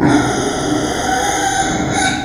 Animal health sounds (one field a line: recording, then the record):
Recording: squeal of a Yucatan mini pig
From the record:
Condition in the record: before surgery on the right vocal fold (resection and tissue-engineered implant)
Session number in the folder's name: 2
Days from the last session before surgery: -15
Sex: female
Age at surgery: 19 weeks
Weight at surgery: 25 kg